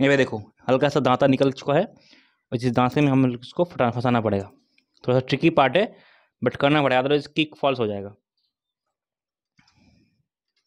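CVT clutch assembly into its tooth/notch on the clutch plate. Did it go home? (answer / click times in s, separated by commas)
no / none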